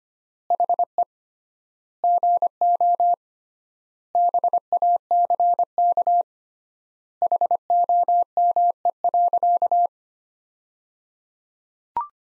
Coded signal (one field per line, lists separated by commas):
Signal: Morse code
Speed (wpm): 25 wpm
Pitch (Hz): 700 Hz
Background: none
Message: HE GO BACK HOME.